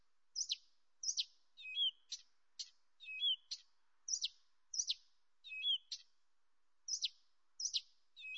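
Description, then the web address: Blyth's reed warbler singing slow, spaced phrases: sharp clicking notes alternating with a short slurred whistle, otherwise quiet. Nominate subspecies dumetorum. "birds acrocephalus dumetorum dumetorum"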